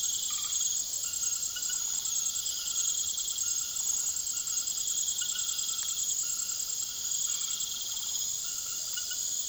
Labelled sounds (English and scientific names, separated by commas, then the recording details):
none
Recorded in secondary vegetation near Puerto Asís, Putumayo, Colombia, on 19 June 2025 at 20:00
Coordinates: 0.489, -76.322
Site G021